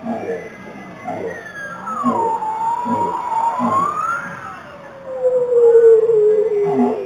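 Bowhead whale sounds: a higher wavering tonal whistle rising and falling, then a long slowly descending tone, with soft low pulsed grunts underneath.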